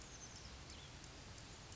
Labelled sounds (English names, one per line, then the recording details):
Oak Titmouse
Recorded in Sonoma County, California